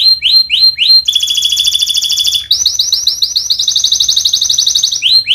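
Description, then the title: Canary in full song: repeated rising whistled notes, then a fast rattling trill and rapid rolling phrases, continuous and loud. Vigorous singing canary (gacor) praised for the best cengkok phrasing and rich isian fill-in notes; Indonesian songbird-keeping (kicaumania) context. "Kenari Gacor Cengkok Terbaik Isian Paling Mewah Kenarigacor Kicaumania Kenari"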